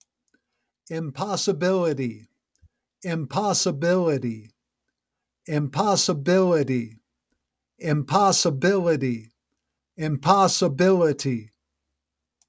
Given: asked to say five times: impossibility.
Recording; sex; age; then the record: repeated word; male; 50 to 59 years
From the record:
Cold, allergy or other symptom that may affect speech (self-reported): no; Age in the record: 50 years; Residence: Missouri, United States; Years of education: 16